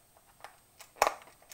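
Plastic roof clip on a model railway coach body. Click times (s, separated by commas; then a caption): 1.0 s. A card pries the plastic roof off an N-scale model passenger coach, and the roof clip on the second side of the coach body snaps open with a sharp crack at 1.0 s. Fainter small ticks come before and after it, and the roof clip is released.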